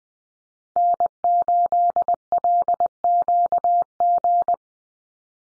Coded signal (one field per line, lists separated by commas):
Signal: Morse code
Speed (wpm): 20 wpm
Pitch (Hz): 700 Hz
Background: none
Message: N8LQG